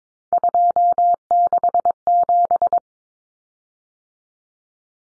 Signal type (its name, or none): Morse code